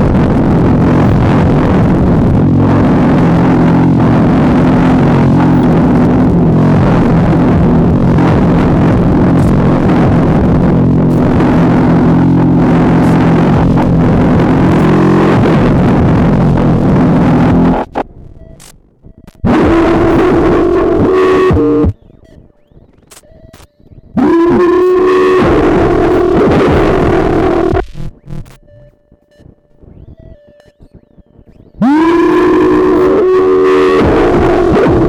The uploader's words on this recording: My first go with the Sputnik Quad VCF/VCA, attempting some Buchla-esque bongo action with variable envelopes to the gate and long cv action. I didn't really bother with the classic bongo sound, and went straight for low-end nastiness. The main source comes from a Pittsburgh Modular Synthbox. Bonus spaces noises from filtering a noise-disrupted oscillator from Jupiter Storm.